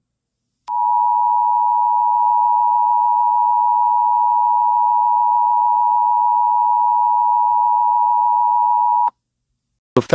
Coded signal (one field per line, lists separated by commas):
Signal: Emergency Alert System (SAME) tones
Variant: 853 and 960 Hz attention tone